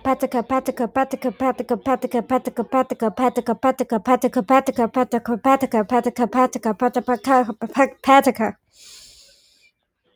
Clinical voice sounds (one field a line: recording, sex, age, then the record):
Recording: repeated syllables /pa ta ka/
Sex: female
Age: 20 to 29 years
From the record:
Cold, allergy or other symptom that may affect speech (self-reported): no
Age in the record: 26 years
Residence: Texas, United States